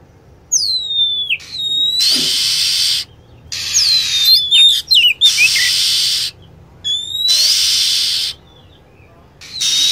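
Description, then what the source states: Lovebird chirps: shrill, high whistled notes sweeping downward in quick clusters, alternating with bursts of loud hissing noise and quieter gaps. Lure sound used to attract lovebirds.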